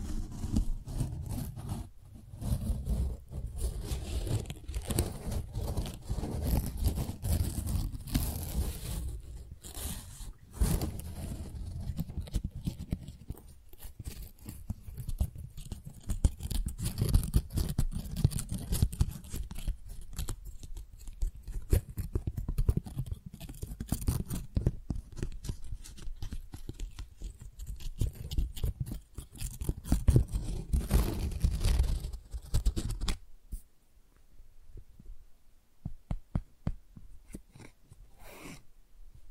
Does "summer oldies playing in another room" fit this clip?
no